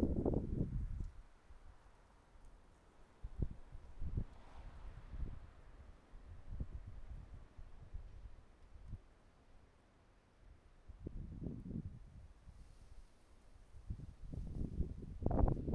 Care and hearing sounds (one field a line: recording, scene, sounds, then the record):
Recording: everyday scene through a hearing-aid microphone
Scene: wind on the microphone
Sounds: wind, traffic, birds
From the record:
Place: suburban garden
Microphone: behind the ear, right, rear